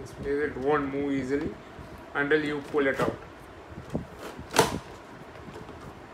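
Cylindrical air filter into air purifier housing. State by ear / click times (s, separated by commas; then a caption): seated / 4.6 s. A cylindrical air filter is pushed into the housing of a Xiaomi Mi Air Purifier 3 while someone talks. A faint tap comes at 4.0 s, then a sharp click at 4.6 s as the filter seats in place.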